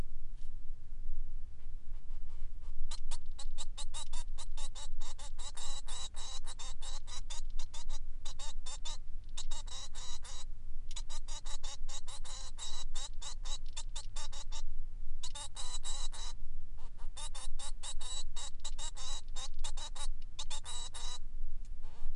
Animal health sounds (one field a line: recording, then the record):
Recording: song of a male Bengalese finch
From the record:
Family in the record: son of father 3